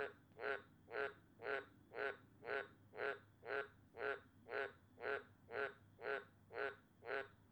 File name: Cane Toad